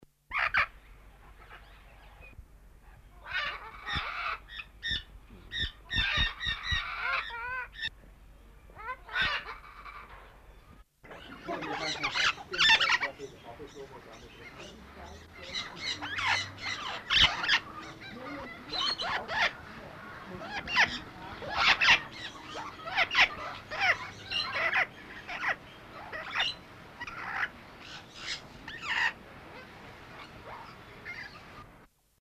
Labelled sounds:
Hispaniolan Amazon call

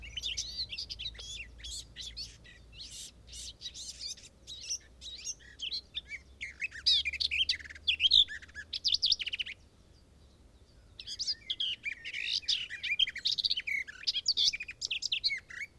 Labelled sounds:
Garden Warbler song

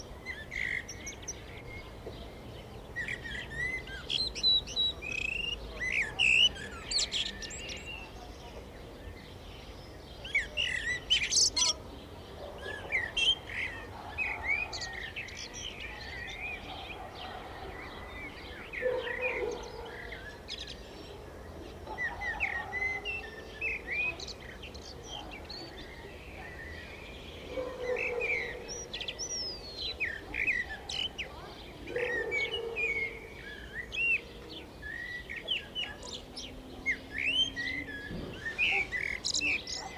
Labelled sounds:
Common Blackbird song

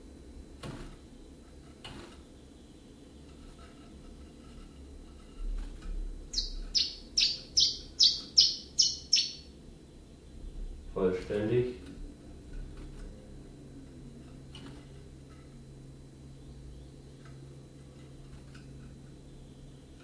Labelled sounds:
Common Chiffchaff

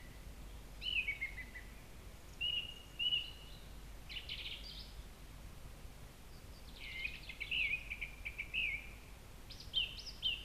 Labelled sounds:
Song Thrush song

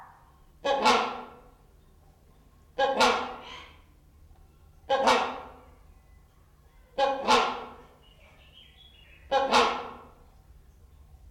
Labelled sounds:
Great Hornbill

